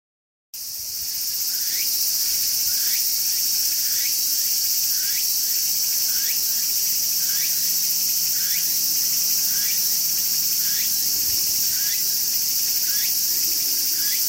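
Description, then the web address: Cicada song begins after a short silence, settling into an unbroken high, hissing drone with quick falling chirps repeated at a steady pace. Recorded 19 August 2013 with a digital camera. "dejikame 2 2013 08 08192013 semi"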